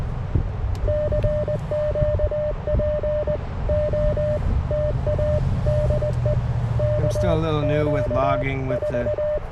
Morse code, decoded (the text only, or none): CQ POTA DE KQ4